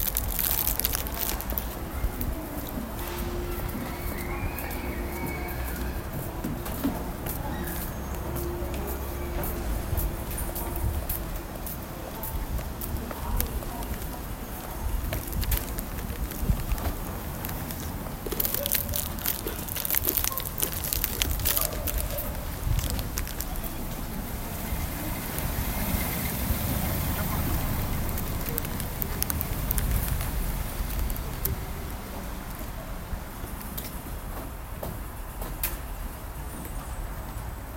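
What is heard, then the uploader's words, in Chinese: Ambience in Paju, South Korea: a steady low traffic rumble with scattered clicks, murmuring voices, and a faint hum early on. 韓國坡州市（파주시）。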